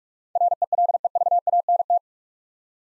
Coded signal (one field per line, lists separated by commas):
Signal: Morse code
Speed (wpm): 44 wpm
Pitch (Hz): 700 Hz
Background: none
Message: RELEVANT